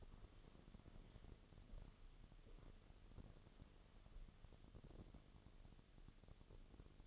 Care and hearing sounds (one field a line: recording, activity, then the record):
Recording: daily activity, microphone in the room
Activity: walk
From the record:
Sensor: 4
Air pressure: 1016.2 hPa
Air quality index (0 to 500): 164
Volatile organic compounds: 6 ppm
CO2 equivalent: 1872 ppm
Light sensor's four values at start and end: 9/19/8/7 and 8/18/7/6